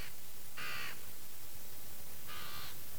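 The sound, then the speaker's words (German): Harsh crow caws ring out over a steady hiss on a very hot day, two long rasping calls and a brief one at the start, spaced apart with no voices. “Die Vögel sind so laut.”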